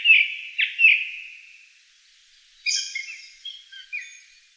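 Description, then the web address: Black-throated thrush song: clear whistled notes trailing off, a pause, then a higher phrase of thin whistles and twitters. "soud Drozd chernozobyj"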